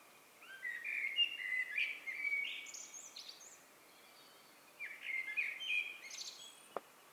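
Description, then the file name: Eurasian blackbird with a long rambling fluted warble and high twittery tails, a pause, then another phrase and a brief click. "Turdus merula"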